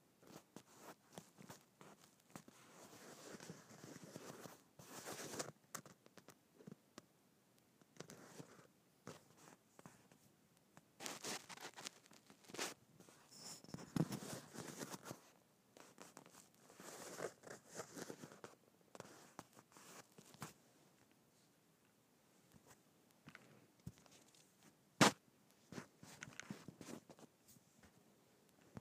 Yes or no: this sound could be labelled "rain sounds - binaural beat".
no